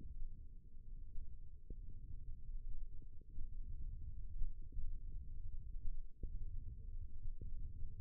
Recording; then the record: forearm muscle sounds (acoustic myography)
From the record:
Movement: hand opening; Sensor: system 1, eight BSWA MPA416 microphones around the upper forearm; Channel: 2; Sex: female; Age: 21 years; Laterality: right